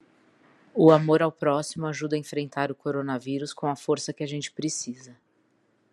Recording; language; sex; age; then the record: spoken sentence; Brazilian Portuguese; female; 40 to 49 years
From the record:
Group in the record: control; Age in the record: 45 years